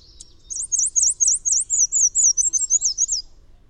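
Bird song: a high chip followed by a quick series of thin, looping whistled notes that slide slowly lower over nearly three seconds.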